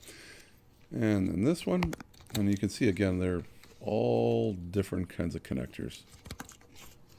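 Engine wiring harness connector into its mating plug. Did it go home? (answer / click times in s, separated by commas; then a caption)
no / none. Someone talks while handling a plastic engine wiring harness connector beside its mating plug, during a throttle position sensor replacement on a Chevrolet Impala, with a couple of brief light taps near the end. The connector has not been pushed home, and nothing has seated or clicked yet.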